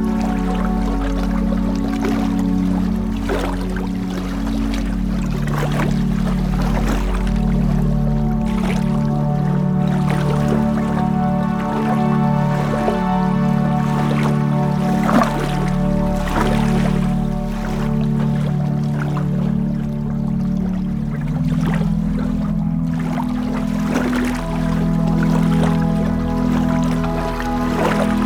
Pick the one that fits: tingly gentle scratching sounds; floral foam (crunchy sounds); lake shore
lake shore